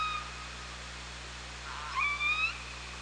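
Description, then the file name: Killer whale call: a faint tone at first, then a louder rising harmonic call after about two seconds, over a steady low hum. Recorded on the OrcaLab hydrophone, 24 August 2017. "Orca Lab 20170824"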